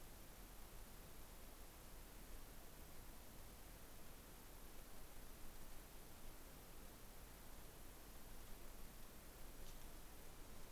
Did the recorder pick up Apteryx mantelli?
no